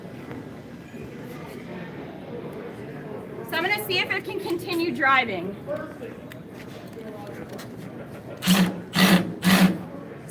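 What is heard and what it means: An impact driver bit tries to keep driving a screw while someone talks, then the driver runs in three short bursts around 8.5 to 9.8 seconds as the bit cams out of the screw head. The screw head strips under the bit, so nothing has seated or clicked.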